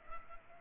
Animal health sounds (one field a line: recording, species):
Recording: mosquito wingbeat signal from an infrared sensor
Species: Culex pipiens